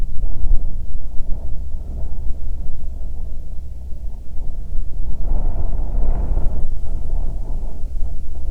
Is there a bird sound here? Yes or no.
no